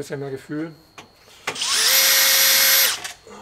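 A power drill/driver runs on a Phillips-head screw in a panel of a Mercedes 917 expedition truck, with a sharp hit at 1.5 s as the driver starts and a steady high whine until about 2.9 s. The bit cams out and strips the screw head because it was driven without enough feel. Someone talks before and after.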